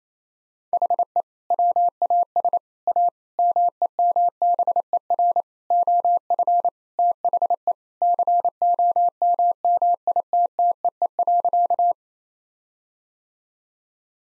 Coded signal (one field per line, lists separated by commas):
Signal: Morse code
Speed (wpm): 28 wpm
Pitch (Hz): 700 Hz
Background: none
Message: HE WAS A MEMBER OF THE COMMITTEE.